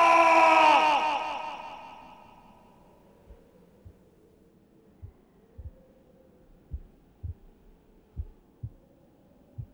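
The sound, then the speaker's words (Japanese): A loud, ringing tonal swell fades into quiet, then low, muffled heartbeat thumps emerge, sparse at first, then quickening and growing stronger into a steady pounding pulse: Jotaro's heart restarted by Star Platinum in a JoJo's Bizarre Adventure drama CD. “無意識下のスタープラチナが俺の心臓に喝を入れた。鼓動が息を吹き返し、動脈が生命のビートを刻む。”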